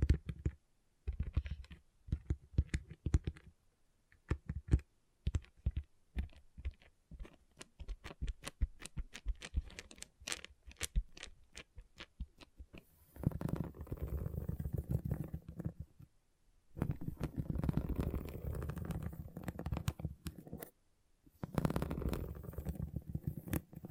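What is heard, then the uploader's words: Small plastic pixel art beads click and tick in quick, irregular bursts for the first half, sharp little taps scattered densely. After about 13 seconds they turn into a steady, rushing rattle like beads being poured or stirred, broken by two short pauses. ASMR Relaxing Pixel Art Beads ( No Talking).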